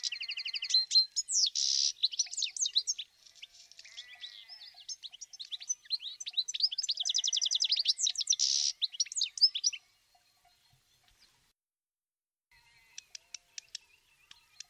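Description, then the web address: Bird chirping in rapid, dense high bursts for about ten seconds, then near silence broken only by a few faint, sharp ticks near the end. "Deverinetal. Bird Only"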